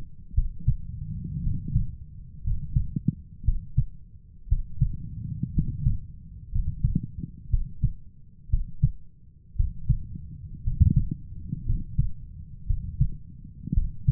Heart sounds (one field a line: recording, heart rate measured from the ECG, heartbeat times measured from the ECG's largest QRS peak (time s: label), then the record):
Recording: heart sounds by stethoscope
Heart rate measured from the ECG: 58 bpm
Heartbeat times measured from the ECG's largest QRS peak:
0.34 s: heartbeat
1.42 s: heartbeat
2.42 s: heartbeat
3.44 s: heartbeat
4.47 s: heartbeat
5.53 s: heartbeat
6.51 s: heartbeat
7.49 s: heartbeat
8.49 s: heartbeat
9.55 s: heartbeat
10.63 s: heartbeat
11.65 s: heartbeat
12.66 s: heartbeat
13.73 s: heartbeat
From the record:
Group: healthy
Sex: male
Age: 23 years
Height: 178 cm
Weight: 96.6 kg